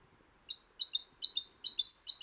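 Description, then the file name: Great tit calling, a rapid series of high chattering notes with short whistled pips in between, repeated in quick bursts after a brief quiet start. "Parus major"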